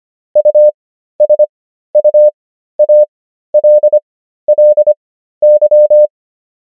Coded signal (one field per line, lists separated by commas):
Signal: Morse code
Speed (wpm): 25 wpm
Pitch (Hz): 600 Hz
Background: none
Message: USUALLY